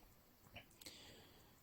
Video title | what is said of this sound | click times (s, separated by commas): Brake Caliper Rebuild and Restore for rear of S3/GTI/TT/CUPRA/OCTAVIA and most VAG models of 2000's | just push it in, give a nice little click when it goes in. | 0.8 s, 0.9 s